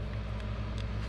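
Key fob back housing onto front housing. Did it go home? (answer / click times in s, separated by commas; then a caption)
no / none. The back half of a plastic 4-button key fob remote housing for a 2006 Honda CR-V is hooked in at its lip and pushed down onto the front half during a battery replacement. A steady low hum runs throughout, with only faint brief ticks around 0.4 s and 0.8 s. The housing does not snap together, and nothing has clicked or seated yet.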